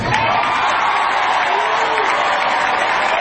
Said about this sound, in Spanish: ¿Sabes a quién aplauden?